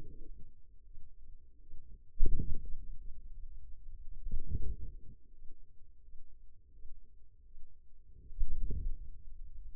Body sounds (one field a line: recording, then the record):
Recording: forearm muscle sounds (acoustic myography)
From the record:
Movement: wrist flexion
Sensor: system 2, bracelet of six BSWA MPA416 microphones around the upper forearm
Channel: 1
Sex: female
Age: 23 years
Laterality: right